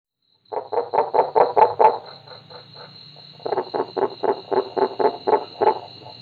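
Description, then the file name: Kuhl's creek frog calling in two bursts of rapid, clucking pulses, about seven and ten notes, separated by a quieter pause of about a second and a half. "Rana kuhlii"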